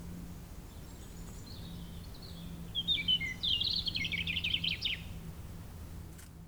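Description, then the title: European robin song, soft high notes building into a fast, tinkling, trilled run; low hum throughout. Sung at sunset on the shore of Lac du Bourget near the chapel, Brison-Saint-Innocent, France, with the nearby road closed to traffic and the area quiet. "28 Chem. de la Chapelle, Brison-Saint-Innocent, France - rouge-gorge."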